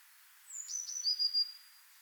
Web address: SETE data Cyanistes caeruleus